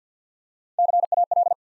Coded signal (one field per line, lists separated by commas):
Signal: Morse code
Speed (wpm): 50 wpm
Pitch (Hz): 700 Hz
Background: none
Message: CAL